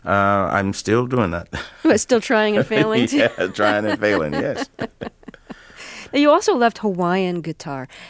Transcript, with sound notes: I'm still doing that.
Still trying and failing?
(Laughter) Yeah, trying and failing. Yes.
(Laughter) Now, you also left Hawaiian guitar.